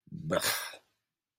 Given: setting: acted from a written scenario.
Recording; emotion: vocal sound without words; disgust